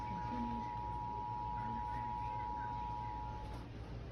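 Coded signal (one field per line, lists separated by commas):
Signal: Emergency Alert System (SAME) tones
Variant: 853 and 960 Hz attention tone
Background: speech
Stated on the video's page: Indiana Required Monthly Test aired on TV station WFIE-TV.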